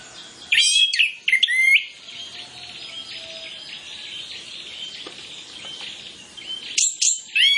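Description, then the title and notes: Orange-headed Thrush singing a short burst of sharp, high whistled notes, then a long stretch of quieter twittering before a final brief phrase. Master training recording of full song with fill-in (isian) phrases, used as a lure so Orange-headed Thrushes quickly sing freely and fully (ngeplong). "Masteran Anis Kembang Full Isian Untuk Suara Pancingan Anis Kembang Agar Cepat Ngeplong. Suara Burung Anis Kembang"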